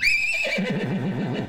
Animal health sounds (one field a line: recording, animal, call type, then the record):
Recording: contact call of a hoofed animal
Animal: horse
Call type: whinny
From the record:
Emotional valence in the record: negative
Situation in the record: group separation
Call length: 1.49 s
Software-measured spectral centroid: 2850 Hz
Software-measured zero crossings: 2560 a second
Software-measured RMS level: -24 dBFS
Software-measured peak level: -12 dBFS